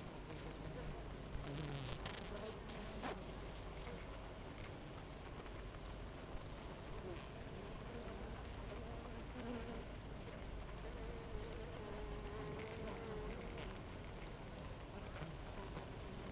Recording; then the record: honeybee colony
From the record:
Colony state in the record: active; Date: 28 July 2017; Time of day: 7:44